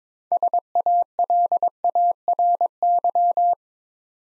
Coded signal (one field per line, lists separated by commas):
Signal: Morse code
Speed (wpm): 22 wpm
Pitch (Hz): 700 Hz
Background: none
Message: SALARY